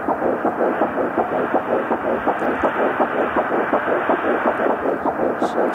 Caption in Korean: 수정 후 7주 된 아기 임신 9주차라고 부르는 아기입니다. 심장 소리입니다. 우리 어른보다 140회에서 160회 정도로 한 두 배 정도 빠르죠.